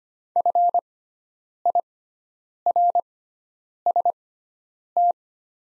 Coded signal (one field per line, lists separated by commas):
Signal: Morse code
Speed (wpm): 25 wpm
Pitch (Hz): 700 Hz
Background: none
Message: FIRST